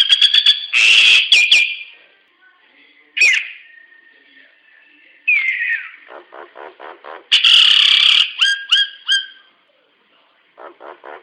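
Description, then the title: Nias hill myna calls mixing loud harsh whistled bursts, a falling slurred note and runs of soft rapid chattering notes. "Burung jalak nias"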